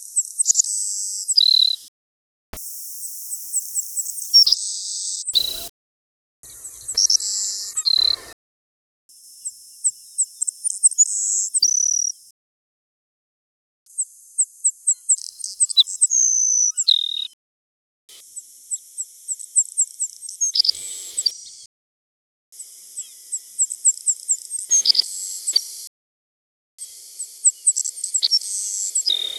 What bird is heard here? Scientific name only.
Passerculus sandwichensis